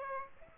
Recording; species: mosquito wingbeat signal from an infrared sensor; Aedes aegypti